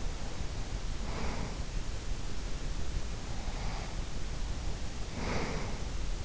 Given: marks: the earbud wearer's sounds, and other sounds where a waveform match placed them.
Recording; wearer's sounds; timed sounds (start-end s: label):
sounds in sleep by an in-ear microphone; breath
0.23-2.21 s: breath
3.07-6.25 s: breath